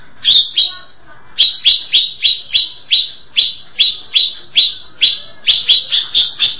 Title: Cucak ijo